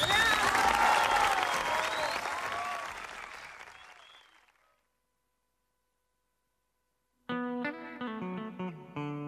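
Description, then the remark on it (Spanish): A crowd applauds loudly with scattered cheers and whistles, the clapping gradually fading out over several seconds; after a brief silence, music with piano-like notes begins. “Solamente un aplauso les pido y quedaré satisfecho, guardándolo aquí en mi pecho como un payaso agradecido.”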